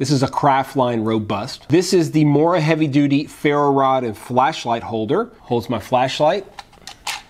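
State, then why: Seated. Someone talks while pressing a flashlight into a 3D-printed plastic heavy-duty ferro rod and flashlight holder on the sheath of a Mora Craftline Robust knife. The holder lets the flashlight's clip be used so it doesn't come out. A sharp click at 6.9 s marks the flashlight popping in and seating.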